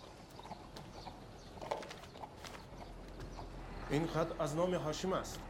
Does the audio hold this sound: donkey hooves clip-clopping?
yes